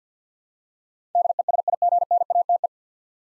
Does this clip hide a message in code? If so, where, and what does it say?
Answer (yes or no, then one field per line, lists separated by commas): yes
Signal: Morse code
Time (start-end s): 1.1-2.7 s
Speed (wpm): 50 wpm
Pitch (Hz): 700 Hz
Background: none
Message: DESIGNATE